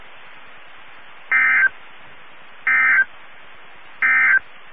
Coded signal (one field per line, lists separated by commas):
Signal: Emergency Alert System (SAME) tones